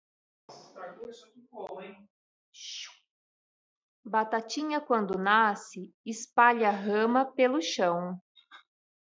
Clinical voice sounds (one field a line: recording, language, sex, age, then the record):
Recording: short text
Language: Brazilian Portuguese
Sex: female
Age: 30 to 39 years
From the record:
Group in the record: control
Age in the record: 37 years